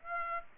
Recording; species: mosquito wingbeat signal from an infrared sensor; Aedes aegypti